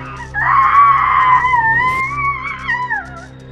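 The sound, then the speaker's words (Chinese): A long, shrill scream from the mirror ghost Xiaohong holds for about three seconds, its high pitch wavering before it slides downward and trails off, with a low steady hum underneath. “熟悉的尖叫再次爆发，小红甚至不顾继续发动死亡条件，转而抓狂地撕扯马桶揣”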